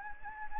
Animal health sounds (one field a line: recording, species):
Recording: mosquito wingbeat signal from an infrared sensor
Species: Anopheles gambiae